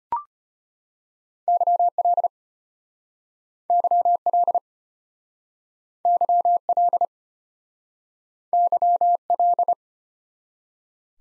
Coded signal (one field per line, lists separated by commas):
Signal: Morse code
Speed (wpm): 35 wpm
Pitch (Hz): 700 Hz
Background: none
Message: YL YL YL YL